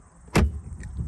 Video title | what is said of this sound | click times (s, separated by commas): 2022 C8 Corvette Review! | like that you just give it a push and it clicks right in | 0.4 s